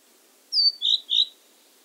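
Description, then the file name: Great tit call, a high sliding note followed by two bright notes in quick succession. "Parus major"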